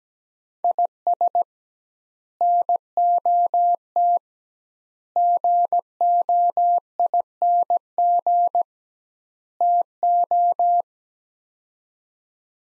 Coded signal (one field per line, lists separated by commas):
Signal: Morse code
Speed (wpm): 17 wpm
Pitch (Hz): 700 Hz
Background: none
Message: IS NOT GOING TO